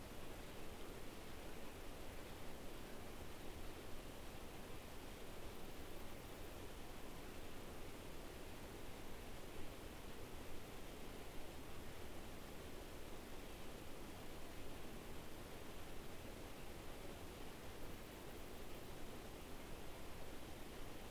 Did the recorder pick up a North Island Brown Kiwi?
no